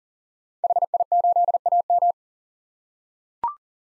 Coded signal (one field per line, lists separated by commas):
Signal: Morse code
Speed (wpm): 40 wpm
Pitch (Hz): 700 Hz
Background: none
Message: HI8AM